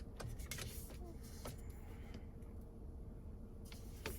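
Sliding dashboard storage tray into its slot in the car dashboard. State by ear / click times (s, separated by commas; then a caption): not seated / none. A sliding storage tray in the dashboard of a Fisker Ocean, which replaces the glove compartment, is handled as it is about to be pushed forward into its slot, with short sharp knocks at about 0.2, 0.5 and 4.1 seconds over a low steady hum. The tray has not seated or clicked into place yet.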